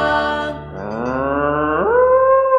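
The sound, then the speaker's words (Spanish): A cow lets out one long, loud moo, starting low and droning, then sliding up in pitch and holding steady toward the end. No one speaks. “La vaquita de Martín con su mu, mu, mu, con su tin, tin, tin. La vaquita de Martín.”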